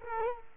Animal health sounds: mosquito wingbeat signal from an infrared sensor; Culex quinquefasciatus

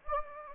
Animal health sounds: mosquito wingbeat signal from an infrared sensor; Anopheles gambiae

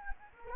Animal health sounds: mosquito wingbeat signal from an infrared sensor; Anopheles gambiae

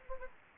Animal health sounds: mosquito wingbeat signal from an infrared sensor; Anopheles gambiae

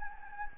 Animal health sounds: mosquito wingbeat signal from an infrared sensor; Anopheles gambiae

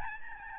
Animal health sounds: mosquito wingbeat signal from an infrared sensor; Aedes albopictus

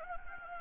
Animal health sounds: mosquito wingbeat signal from an infrared sensor; Anopheles gambiae

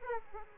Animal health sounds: mosquito wingbeat signal from an infrared sensor; Aedes aegypti

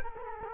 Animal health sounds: mosquito wingbeat signal from an infrared sensor; Culex quinquefasciatus

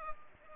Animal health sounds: mosquito wingbeat signal from an infrared sensor; Culex pipiens

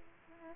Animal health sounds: mosquito wingbeat signal from an infrared sensor; Aedes aegypti

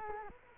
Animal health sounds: mosquito wingbeat signal from an infrared sensor; Culex quinquefasciatus

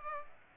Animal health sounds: mosquito wingbeat signal from an infrared sensor; Aedes aegypti

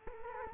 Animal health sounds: mosquito wingbeat signal from an infrared sensor; Culex quinquefasciatus

